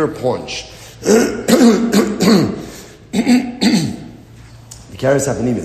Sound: clears throat and cough